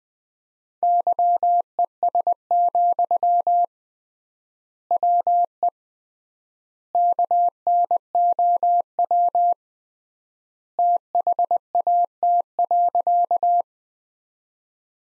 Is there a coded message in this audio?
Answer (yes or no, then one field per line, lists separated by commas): yes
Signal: Morse code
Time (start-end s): 0.8-13.6 s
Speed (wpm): 20 wpm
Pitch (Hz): 700 Hz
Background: none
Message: YES, WE KNOW THAT.